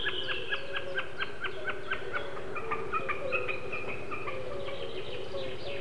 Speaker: Это высоко в голубом небе такует бекас.